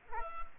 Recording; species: mosquito wingbeat signal from an infrared sensor; Culex quinquefasciatus